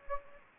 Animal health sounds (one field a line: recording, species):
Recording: mosquito wingbeat signal from an infrared sensor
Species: Anopheles gambiae